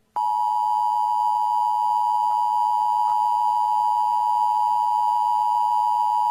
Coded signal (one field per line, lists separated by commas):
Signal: Emergency Alert System (SAME) tones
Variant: 853 and 960 Hz attention tone